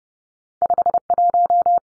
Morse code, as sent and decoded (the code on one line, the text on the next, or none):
..... .----
51